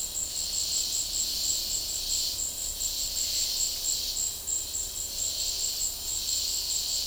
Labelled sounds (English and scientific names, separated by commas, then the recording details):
none
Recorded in dense forest near Puerto Asís, Putumayo, Colombia, on 21 February 2024 at 14:30
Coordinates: 0.485, -76.318
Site G6408